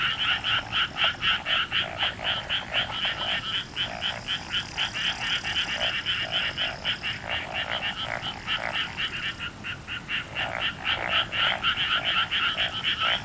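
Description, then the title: Frogs calling steadily, a fast regular train of raspy croaks about four per second from overlapping callers, with a thin high whine in the background. "Summer Japan, Hokkaido. Night Paddy's frogs. 夜の水田のカエル"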